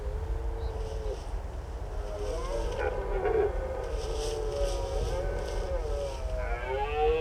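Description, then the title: Red deer giving drawn-out, wavering, groaning bellows above a constant low rumble of engines. Daytime rutting bellows at Marais de Lavours marsh, Béon, France; stags rut early here, rarely waiting for night; near roads and a large rail yard; Lom Usi Pro, Zoom F8. "Marais de Lavours -Béon, France - Brame diurne"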